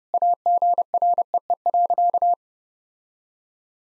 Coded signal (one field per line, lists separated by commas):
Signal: Morse code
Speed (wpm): 30 wpm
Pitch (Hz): 700 Hz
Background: none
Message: AGREE.